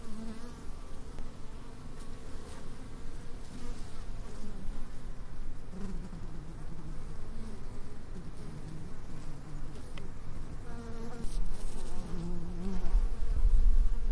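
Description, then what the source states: Bees producing a steady, busy hum of overlapping wingbeats that grows a little louder toward the end. Bees in a meadow close to a hive.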